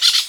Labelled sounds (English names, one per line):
Brown-throated Parakeet contact call